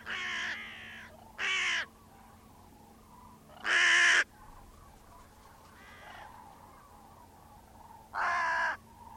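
Bird giving scattered harsh caws, loud ones near the start, middle and end, with softer caws between and a low steady hum underneath.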